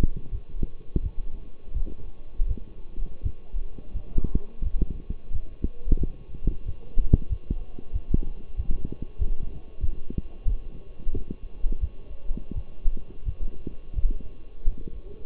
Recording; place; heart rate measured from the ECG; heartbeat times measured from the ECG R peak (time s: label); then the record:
heart sounds by stethoscope; between the tricuspid and mitral areas; 88 bpm
0.31 s: heartbeat
1.02 s: heartbeat
1.73 s: heartbeat
2.47 s: heartbeat
3.22 s: heartbeat
3.93 s: heartbeat
4.63 s: heartbeat
5.31 s: heartbeat
5.98 s: heartbeat
6.65 s: heartbeat
7.29 s: heartbeat
7.92 s: heartbeat
8.56 s: heartbeat
9.18 s: heartbeat
9.80 s: heartbeat
10.45 s: heartbeat
11.12 s: heartbeat
11.80 s: heartbeat
12.54 s: heartbeat
13.25 s: heartbeat
13.95 s: heartbeat
14.65 s: heartbeat
From the record:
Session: walking at 3.7 km/h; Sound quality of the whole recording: partially saturated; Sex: male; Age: 24 years